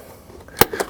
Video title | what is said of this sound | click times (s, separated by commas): Step-by-Step DIY Install Guide: Alpine's Tesla Sound System Upgrade for Model Y and Model 3 | push that center and it locks into place. | 0.6 s